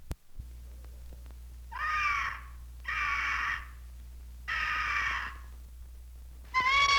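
Eagle cries: three drawn-out calls at uneven intervals, then a fourth starting at the end, over a steady low hum.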